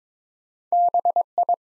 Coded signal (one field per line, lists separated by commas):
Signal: Morse code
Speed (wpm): 22 wpm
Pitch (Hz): 700 Hz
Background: none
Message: BI